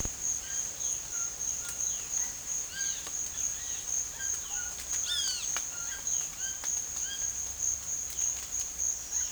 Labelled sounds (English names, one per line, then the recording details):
Violaceous Jay
White-throated Toucan
Great Kiskadee
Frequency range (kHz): Violaceous Jay 2.3-4.4 kHz; White-throated Toucan 1.2-5.0 kHz; Great Kiskadee 1.1-6.0 kHz
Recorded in secondary vegetation near Puerto Asís, Putumayo, Colombia, on 29 June 2025
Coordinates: 0.488, -76.319
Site G094